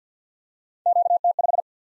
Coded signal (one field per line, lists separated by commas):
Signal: Morse code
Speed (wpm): 48 wpm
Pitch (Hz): 700 Hz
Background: none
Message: QT5